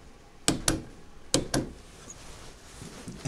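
A torque wrench tightens the secondary clutch retaining bolt on a Ski-Doo REV GTX snowmobile to about 22 N·m while the clutch sheaves are held by hand. Sharp metallic hits sound at about 0.5 s, 0.7 s and 1.6 s, and the wrench clicks at its setting at 1.4 s. The bolt is torqued and the clutch is back in place.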